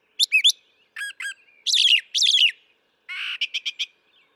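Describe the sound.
Brown thrasher song: loud, varied phrases delivered in quick pairs and triplets with short pauses, including a harsh buzzy phrase followed by sharp repeated notes.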